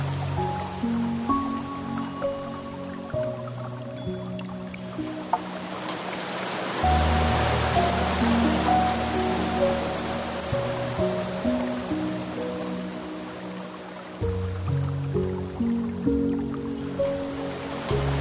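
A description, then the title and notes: Slow piano chords ring out over a steady hiss of soft flowing water that stays even throughout. Notes are held and overlap gently, with deeper bass tones shifting at around seven and fourteen seconds while quiet higher notes drift above. Piano & Soft Water Flow Melodies.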